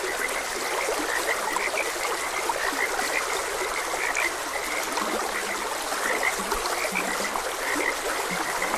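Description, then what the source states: Frog chorus of short croaks alongside a few lower, drawn-out notes in the second half, over rushing stream water. Frogs croaking beside a gentle stream.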